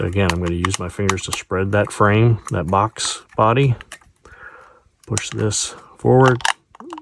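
Someone talks while spreading the plastic box body of a model boxcar with their fingers and pushing the underframe forward into it. Soft handling noise and a few faint ticks are heard near the end. The underframe has not clicked into the body yet.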